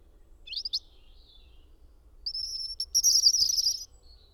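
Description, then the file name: European robin song: a couple of brief high sharp notes, then a longer shimmering, buzzy phrase of very high twittering lasting about a second and a half. "Erithacus rubecula"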